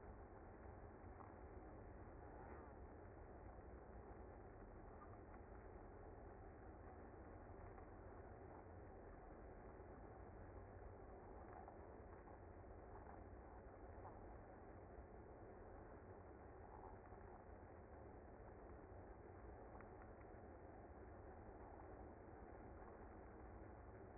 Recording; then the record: honeybee colony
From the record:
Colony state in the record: active